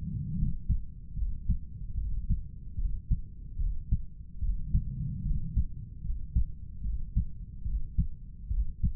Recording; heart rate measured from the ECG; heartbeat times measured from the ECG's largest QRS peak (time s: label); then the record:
heart sounds by stethoscope; 74 bpm
0.39 s: heartbeat
1.17 s: heartbeat
1.98 s: heartbeat
2.79 s: heartbeat
3.60 s: heartbeat
4.43 s: heartbeat
5.26 s: heartbeat
6.05 s: heartbeat
6.85 s: heartbeat
7.66 s: heartbeat
8.52 s: heartbeat
From the record:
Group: healthy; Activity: rest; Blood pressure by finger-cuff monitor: 147/96 mmHg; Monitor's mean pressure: 109 mmHg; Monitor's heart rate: 74 bpm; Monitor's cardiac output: 7.6 L/min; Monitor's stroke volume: 103 mL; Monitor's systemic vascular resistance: 1070 dyn s/cm5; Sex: male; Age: 30 years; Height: 188 cm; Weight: 110.2 kg